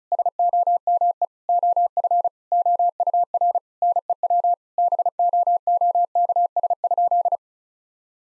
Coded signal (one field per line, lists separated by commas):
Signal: Morse code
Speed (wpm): 36 wpm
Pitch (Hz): 700 Hz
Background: none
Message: SOME OF OUR NEW BOOKS?